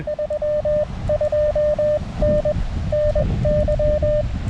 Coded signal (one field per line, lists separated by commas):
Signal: Morse code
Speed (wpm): 20 wpm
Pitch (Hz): 590 Hz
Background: none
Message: 32N NY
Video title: A tale of two verticals: How much difference can a better antenna really make? CW POTA at K-2034